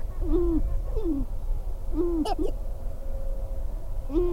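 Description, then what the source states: Sharp-tailed grouse giving low, hollow cooing notes that bend downward, repeated several times, with one sharp, high, falling note in the middle. Recorded 22 April 2005.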